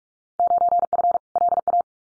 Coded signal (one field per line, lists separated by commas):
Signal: Morse code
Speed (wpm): 44 wpm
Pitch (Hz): 700 Hz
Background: none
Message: 9F LA